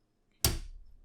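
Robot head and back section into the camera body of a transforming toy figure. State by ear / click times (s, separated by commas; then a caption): seated / 0.4 s. During transformation of a Canon/Transformers Optimus Prime R5 camera-to-robot toy figure, the robot head and back section is rotated behind the plastic camera body and pushed home. A single loud, sharp click at 0.4 s, peaking around 0.45 s, rings out briefly and fades, as the section seats into place in the camera body.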